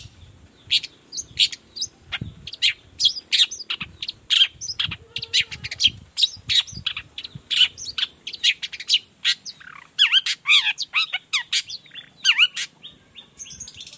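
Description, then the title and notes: Long-tailed shrike song, continuous rapid chattering of high scratchy and squeaky notes, varied and busy throughout. Morning song of a cendet, used as a lure to make other shrikes of any type reply quickly and open their beaks; varied 'toet toet' voice. "Cendet Gacor Dor Di Kala Pagi Toet Toet Variasi Suara. Cendet Gacor Efektif Pancingan Buat Cendet Jenis Apapun Agar Cepat Nyaut Buka Paruh. Burung cendet"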